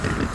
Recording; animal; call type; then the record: contact call of a hoofed animal; wild boar; grunt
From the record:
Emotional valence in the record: negative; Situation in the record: naturally occurring agonistic interactions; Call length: 0.35 s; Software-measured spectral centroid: 2940 Hz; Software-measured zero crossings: 2390 a second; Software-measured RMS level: -24 dBFS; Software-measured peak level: -10 dBFS